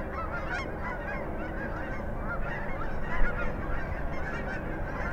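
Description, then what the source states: Canada goose honking, scattered nasal calls over a strong, steady low roar of background noise. Canada goose calling at takeoff.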